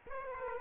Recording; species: mosquito wingbeat signal from an infrared sensor; Aedes aegypti